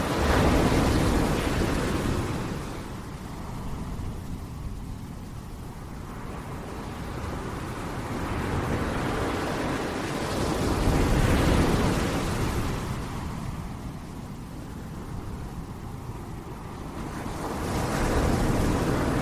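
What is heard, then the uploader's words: Waves crash on a beach in slow cycles, surging brightly around 0, 11 and 18 seconds over a constant low rumble of surf. Waves Crashing on Beach at Night. Gentle wave sounds.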